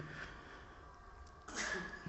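After quiet room sound, a single sudden, explosive sneeze bursts out from an adult audience member in a church during a sermon.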